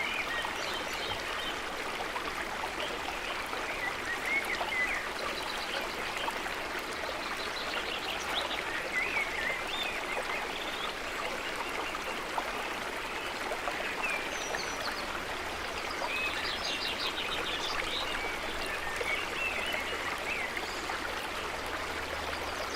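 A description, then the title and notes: A spring forest with a constant, dense rush of running water, like a stream, filling the middle and upper range at an even level throughout. Faint bird chirps sit high above it now and then, and a low, steady hum joins in the second half. Spring Forest Meditation. Birds.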